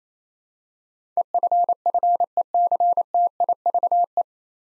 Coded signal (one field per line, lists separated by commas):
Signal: Morse code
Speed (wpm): 27 wpm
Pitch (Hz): 700 Hz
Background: none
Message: EFFECTIVE